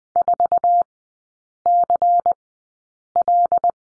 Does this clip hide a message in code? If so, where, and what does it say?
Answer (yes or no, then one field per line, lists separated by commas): yes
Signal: Morse code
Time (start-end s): 0.2-3.7 s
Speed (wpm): 20 wpm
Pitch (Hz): 700 Hz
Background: none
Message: 4CL